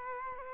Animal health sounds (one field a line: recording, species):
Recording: mosquito wingbeat signal from an infrared sensor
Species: Culex quinquefasciatus